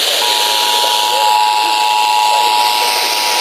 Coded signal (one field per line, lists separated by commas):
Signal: Emergency Alert System (SAME) tones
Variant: 853 and 960 Hz attention tone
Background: speech